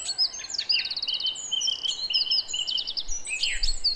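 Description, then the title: Song thrush song: bright whistled and chattering phrases, several repeated as quick trains of identical notes, delivered in a continuous varied stream. Song recorded at 06h. "Zanglijster 06h Durenne2"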